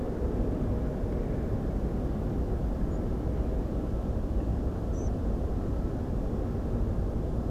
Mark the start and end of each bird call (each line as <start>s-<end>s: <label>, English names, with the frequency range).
4.92s-5.09s: European Pied Flycatcher (5.5-8.0 kHz)